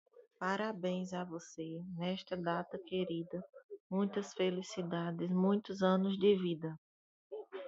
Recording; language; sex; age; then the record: short text; Brazilian Portuguese; female; 30 to 39 years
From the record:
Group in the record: control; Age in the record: 38 years